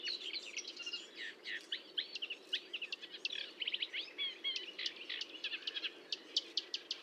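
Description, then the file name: Marsh warbler song, a fast, dense and varied stream of buzzy, chattering and whistled notes with rapid trills, continuing without pause. Recorded at Fontaine-Française (Fourneau), 1 June 2022 at 10:55, with a Nagra recorder and Telinga parabola. "Rousserolle verderolle 20220601 1055 Fontaine-Francaise-Fourneau-Nagra-Telinga"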